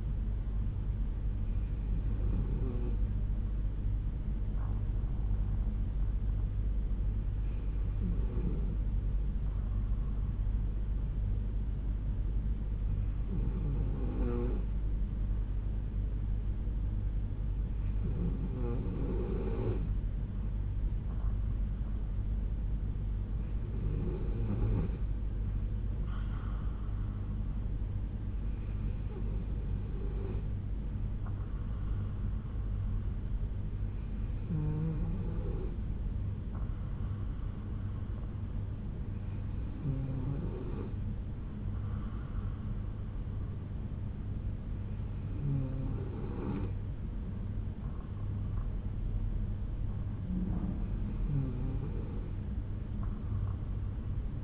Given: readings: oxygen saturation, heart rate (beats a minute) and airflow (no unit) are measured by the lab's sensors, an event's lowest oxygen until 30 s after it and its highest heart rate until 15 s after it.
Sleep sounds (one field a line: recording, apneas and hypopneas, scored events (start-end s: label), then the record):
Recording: breathing in sleep by a smartphone at the bedside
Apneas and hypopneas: none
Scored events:
none scored
From the record:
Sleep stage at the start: N2 (light sleep)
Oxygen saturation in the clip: 93 to 95%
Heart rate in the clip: 61 to 70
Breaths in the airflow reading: 10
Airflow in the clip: -3.9 to 3.2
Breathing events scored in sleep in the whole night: 368 in 8.0 hours asleep